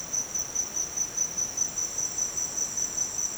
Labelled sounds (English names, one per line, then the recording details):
none
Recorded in dense forest near Puerto Asís, Putumayo, Colombia, on 29 June 2025 at 08:30
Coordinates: 0.484, -76.317
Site G045